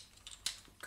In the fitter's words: inside and then that cage bit clicks back into place again